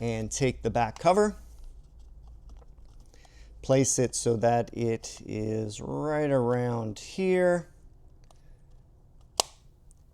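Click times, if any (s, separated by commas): 9.4 s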